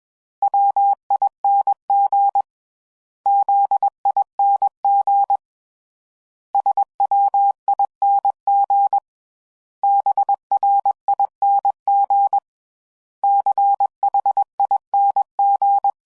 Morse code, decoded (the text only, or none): WING ZING SWING BRING CHING